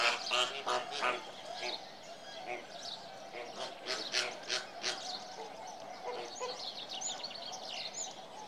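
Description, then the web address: Flamingo flock giving rapid honking, gabbling calls, several loud bursts at the start then a steadier chorus of overlapping nasal notes. "BBC Sound Effects Library. Flamingoes"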